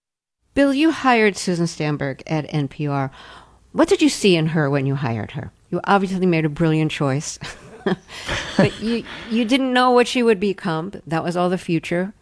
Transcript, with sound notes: Bill, you hired Susan Stamberg at NPR. What did you see in her when you hired her? You obviously made a brilliant choice.
(LAUGHTER)
But you didn't know what she would become. That was all the future.